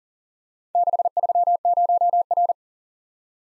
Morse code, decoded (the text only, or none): 630R